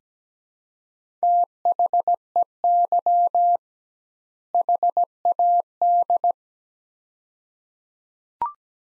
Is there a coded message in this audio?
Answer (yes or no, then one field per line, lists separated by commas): yes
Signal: Morse code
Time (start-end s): 1.2-6.3 s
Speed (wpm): 17 wpm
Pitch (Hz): 700 Hz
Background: none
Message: THEY HAD